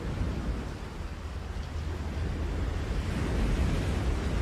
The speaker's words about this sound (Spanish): Aquí tenemos sonido del mar.